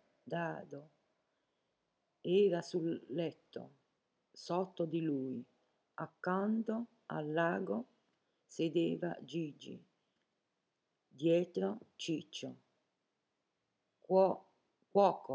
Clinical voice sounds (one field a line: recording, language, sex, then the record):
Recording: read passage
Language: Italian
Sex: female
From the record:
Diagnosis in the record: healthy control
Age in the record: 70 years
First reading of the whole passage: 149 s, 3.0 characters per second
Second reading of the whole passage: 105 s, 4.4 characters per second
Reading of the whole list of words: 65 s, 4.0 characters per second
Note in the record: marked for poor recording quality or reading difficulty